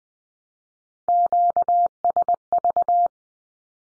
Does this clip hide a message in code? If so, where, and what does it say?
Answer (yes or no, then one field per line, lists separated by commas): yes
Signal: Morse code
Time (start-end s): 1.1-3.1 s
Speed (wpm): 20 wpm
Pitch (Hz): 700 Hz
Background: none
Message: QSV